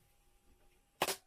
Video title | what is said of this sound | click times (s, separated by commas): Mounting OSight S (RMsc) onto PSA Dagger (RMR) with OSight plate. | There's a click. | 1.0 s